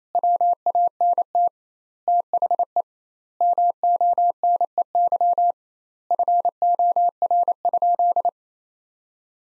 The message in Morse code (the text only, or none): WANT THE MONEY FOR?